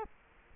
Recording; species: mosquito wingbeat signal from an infrared sensor; Culex quinquefasciatus